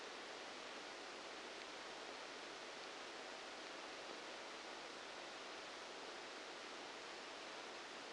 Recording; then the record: brain microelectrode recording played as sound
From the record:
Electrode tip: outside the subthalamic nucleus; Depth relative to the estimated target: -10 mm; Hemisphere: left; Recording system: NeuroSet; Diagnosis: Parkinson's disease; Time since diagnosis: 19 years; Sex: female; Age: 69 years